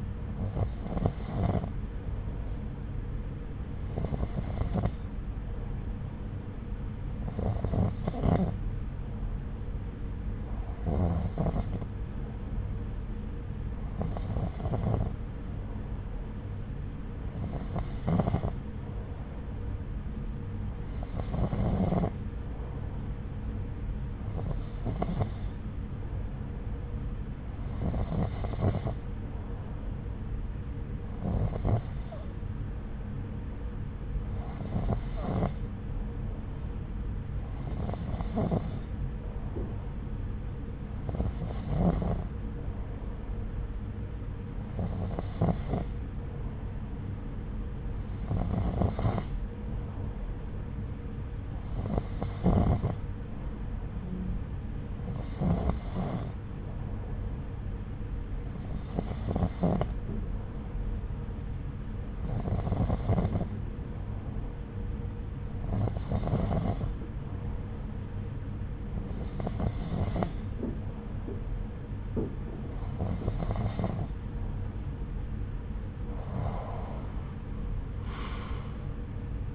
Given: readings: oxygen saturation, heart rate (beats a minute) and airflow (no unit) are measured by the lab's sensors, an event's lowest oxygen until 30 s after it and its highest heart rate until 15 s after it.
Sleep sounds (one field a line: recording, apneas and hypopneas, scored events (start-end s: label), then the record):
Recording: breathing in sleep by a smartphone at the bedside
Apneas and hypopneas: none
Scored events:
none scored
From the record:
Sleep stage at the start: N2 (light sleep)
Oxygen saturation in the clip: 90 to 92%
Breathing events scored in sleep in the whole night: 303 in 8.1 hours asleep